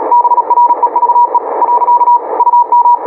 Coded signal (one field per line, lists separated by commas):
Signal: Morse code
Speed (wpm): 37 wpm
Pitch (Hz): 960 Hz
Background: radio noise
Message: BREVE . UM